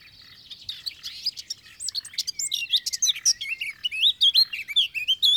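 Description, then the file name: Eurasian blackcap song, a quick, rich warble of twisting whistles and sharp chirps that builds and runs without a break. "Sylvia atricapilla"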